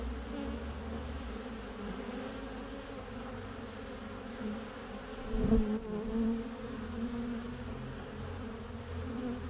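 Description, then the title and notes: Honey bees humming steadily, then a sharp thump and a louder burst of buzzing in the second half. Backyard garden beehive entrance, recorded from the top on a warm spring day, Mission district, San Francisco, 2009; microphones placed in the hive and at its entrance. "Tree's Bees - Hive Entrance From Top (Excerpt). A warm spring day in the Mission district, San Francisco 2009, at the backyard garden beehive of Tree"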